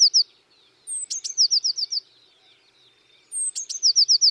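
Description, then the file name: Eurasian blue tit calling: a thin high note followed by a rapid descending trill, given twice. "Cyanistes caeruleus"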